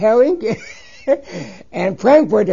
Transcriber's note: he laughs